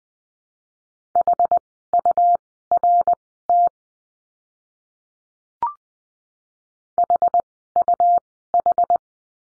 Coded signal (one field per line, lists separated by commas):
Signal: Morse code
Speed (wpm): 20 wpm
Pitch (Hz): 700 Hz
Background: none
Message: HURT HUH